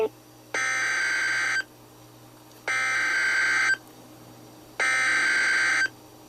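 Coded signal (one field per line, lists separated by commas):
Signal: Emergency Alert System (SAME) tones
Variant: header bursts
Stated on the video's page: NOAA Weather Radio SAME tones for a PDS tornado warning, received from a Wichita, Kansas transmitter on 162.550 MHz.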